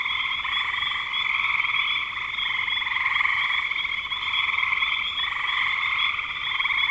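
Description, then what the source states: A frog chorus of many overlapping trilled croaks makes a steady, shrill, pulsing drone with only small swells and dips in loudness throughout. Recorded in spring 2025.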